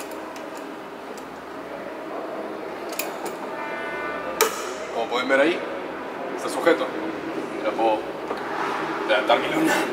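Adjustable locking pliers are closed onto a car part, and their jaw mechanism latches with a sharp click at 4.4 s, clamping the part so it stays held in place without being gripped by hand. An earlier smaller click occurs at 3.0 s, and someone talks throughout.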